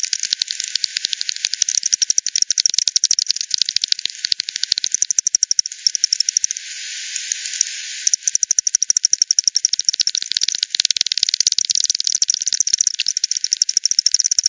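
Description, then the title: Rapid bat clicks in unbroken ticking streams, pausing for soft hiss between about six and eight seconds, then resuming as strong regular pulse trains. Multiple bats at Hogsmill River, Hogsmill Lane, 7 October 2020, 18:10 UTC; recorded through a frequency-division bat detector (divide by ten), band-pass filtered and resampled. "bat 20201007 T 18 : 10 Z-Hogsmill-Lane-Hogsmill-River-multiple-bats-FD 10"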